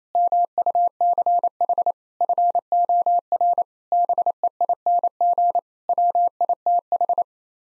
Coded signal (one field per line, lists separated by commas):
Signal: Morse code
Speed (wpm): 28 wpm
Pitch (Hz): 700 Hz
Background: none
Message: MUCH FOR BEING WITH